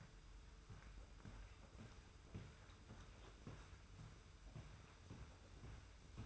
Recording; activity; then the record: daily activity, microphone in the room; walk to room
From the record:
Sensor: 2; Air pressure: 991.0 hPa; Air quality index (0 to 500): 112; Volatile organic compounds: 53 ppm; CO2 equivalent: 3340 ppm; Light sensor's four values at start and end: 34/101/40/38 and 34/99/39/37